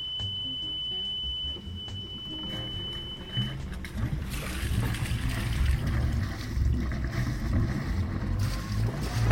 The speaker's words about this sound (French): On ramène les amarres, les barbattes, et dès qu'on sort de la rade, on va hisser. J'avance. J'avance là, ouais.